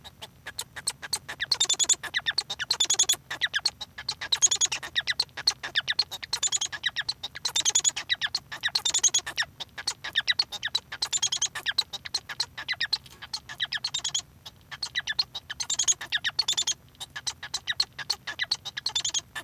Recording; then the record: song of a male Bengalese finch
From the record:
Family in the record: son of father 1